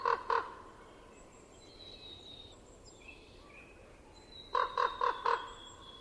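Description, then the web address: Common raven giving two hoarse croaks, a pause filled with faint high bird whistles, then a quick run of four croaks. Winter. "ronk. winter"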